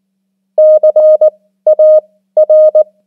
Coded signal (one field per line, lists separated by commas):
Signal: Morse code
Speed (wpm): 19 wpm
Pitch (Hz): 620 Hz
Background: none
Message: CAR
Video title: 500 most common English words in Morse Code @18wpm